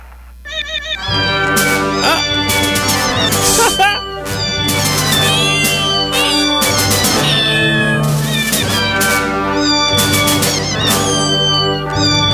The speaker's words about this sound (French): Un chat qui chante le thème de Star Wars. Pourquoi non pas? Oh oui, un petit chat.